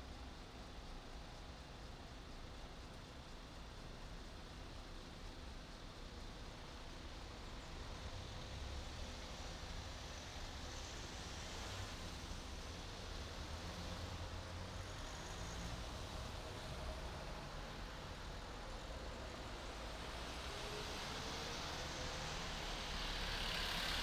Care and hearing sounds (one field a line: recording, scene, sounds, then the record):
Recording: everyday scene through a hearing-aid microphone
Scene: in traffic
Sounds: traffic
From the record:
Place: main city hub, rush hour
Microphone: in the ear canal, right